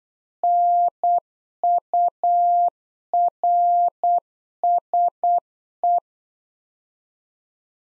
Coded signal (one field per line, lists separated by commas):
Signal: Morse code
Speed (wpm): 8 wpm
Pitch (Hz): 700 Hz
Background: none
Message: NURSE